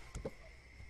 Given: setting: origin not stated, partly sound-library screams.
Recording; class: one-second piece from a danger detection set; normal situation